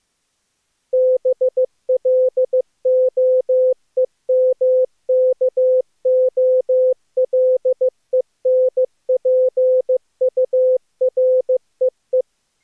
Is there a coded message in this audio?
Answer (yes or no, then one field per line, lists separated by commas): yes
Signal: Morse code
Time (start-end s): 0.9-12.2 s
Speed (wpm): 24 wpm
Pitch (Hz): 500 Hz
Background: none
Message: BLOEMKOLENPUREE